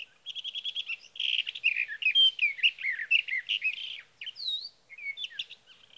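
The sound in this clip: Sage Thrasher song: opens with a fast trill of repeated notes, then runs into a long warble of varied high chirps and slurred whistles.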